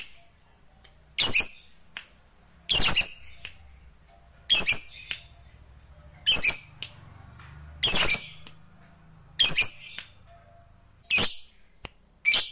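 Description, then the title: Lovebird calls: a regular series of harsh, raspy high squawks about every one and a half seconds, some followed by a quieter short note. "Suara Lovebird"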